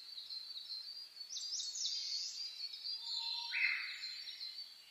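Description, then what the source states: Birds singing together: high thin drawn-out whistles, a bright flourish, then a lower phrase near the end, against faint hiss. Dawn chorus (reimei) of birdsong (saezuri), recorded on 10 May 2010 at 04:01.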